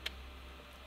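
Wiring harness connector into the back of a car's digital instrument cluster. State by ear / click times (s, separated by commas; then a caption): seated / 0.1 s. A plastic wiring harness connector, near the fiber-optic lines, is pushed into the back of a new Mini digital instrument cluster in a car dash, giving one sharp, short click at 0.1 s. Afterward only a steady low hum remains as the connector seats in place.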